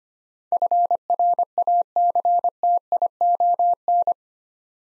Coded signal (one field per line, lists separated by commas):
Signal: Morse code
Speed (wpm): 25 wpm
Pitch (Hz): 700 Hz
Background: none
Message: FRACTION